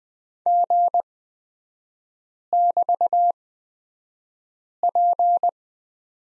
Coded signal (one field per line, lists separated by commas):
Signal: Morse code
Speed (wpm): 20 wpm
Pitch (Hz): 700 Hz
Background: none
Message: G<BT>P